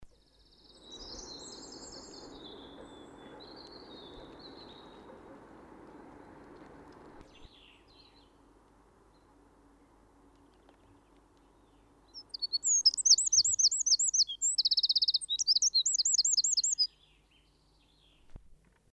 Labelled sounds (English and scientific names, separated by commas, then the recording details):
Eurasian Wren (Troglodytes troglodytes) song, Common Chaffinch (Fringilla coelebs)
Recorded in the wild
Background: Fringilla coelebs
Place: Garmisch-Partenkirchen, Bayern, DE
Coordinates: 47.4856, 11.1464
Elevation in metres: 936
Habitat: mountains
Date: 1973-04-27
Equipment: Nagra IV
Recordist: Tretzel, Erwin
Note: Pfeiffer-Alm, am Waldrand, Garmisch-Partenkirchen: Gesang